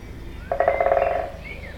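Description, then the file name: Woodpecker drumming: a quick, even burst of knocks with a hollow ring, lasting under a second, over a quiet background. Binaural recording. "Binaural Birds Woodpecker"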